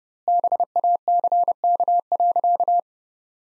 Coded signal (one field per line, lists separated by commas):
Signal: Morse code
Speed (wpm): 32 wpm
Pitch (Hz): 700 Hz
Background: none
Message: BACK.